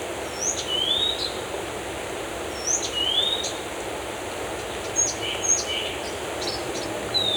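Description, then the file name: Bird song: high whistled notes followed by swooping, rising slurs, repeated at intervals, with a few softer lower calls, all over constant rushing background noise. Birds in a forest. "SES Animals Birds in Forest"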